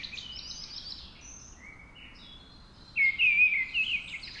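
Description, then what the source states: Mistle thrush song: a rich, wavering fluted phrase near the end, after fainter thin high twittering. Singing at dawn.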